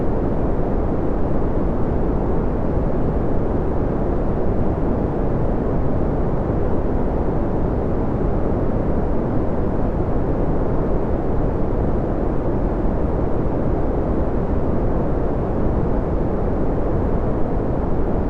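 A deep, rumbling brown noise blends with a softer white-noise hiss, holding perfectly steady for the whole clip. The sound is dense and weighted toward the low end, with a thinner airy layer on top and no separate events or changes.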